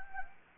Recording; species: mosquito wingbeat signal from an infrared sensor; Anopheles gambiae